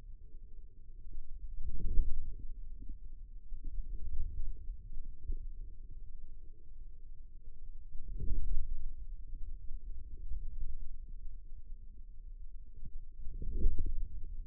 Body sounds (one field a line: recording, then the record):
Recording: forearm muscle sounds (acoustic myography)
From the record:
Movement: outward rotation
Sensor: system 2, bracelet of six BSWA MPA416 microphones around the upper forearm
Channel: 3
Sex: male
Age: 22 years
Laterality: right